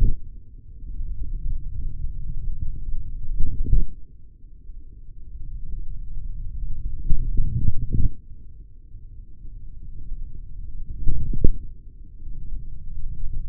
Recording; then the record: forearm muscle sounds (acoustic myography)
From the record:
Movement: forearm supination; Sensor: system 3, bracelet of six PUI Audio POM-2738L microphones around the upper forearm, with dedicated amplification and filtering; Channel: 6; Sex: male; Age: 26 years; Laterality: right